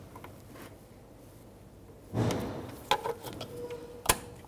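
A plastic vacuum hose quick connector is gently pried and pushed onto the engine vacuum port of a 1998-2011 Ford Ranger 4.0L V6 during knock sensor replacement. After quiet handling, a burst of scraping and sharp plastic taps builds from about 2.2 s. The connector seats with a sharp click at 4.1 s.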